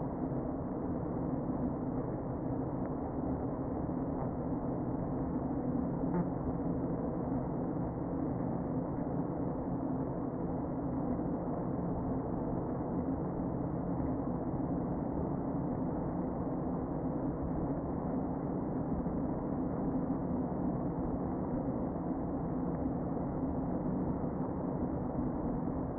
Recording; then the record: honeybee colony, microphone inside the hive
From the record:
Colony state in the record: queen present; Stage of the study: before two queens were removed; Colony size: about 60,000 bees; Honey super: yes